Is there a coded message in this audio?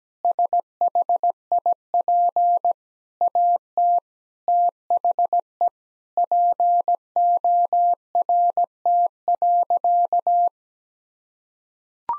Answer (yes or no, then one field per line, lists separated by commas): yes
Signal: Morse code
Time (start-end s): 0.2-10.5 s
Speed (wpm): 17 wpm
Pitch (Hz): 700 Hz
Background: none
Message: SHIP AT THE PORT.